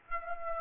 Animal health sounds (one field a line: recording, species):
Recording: mosquito wingbeat signal from an infrared sensor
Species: Aedes aegypti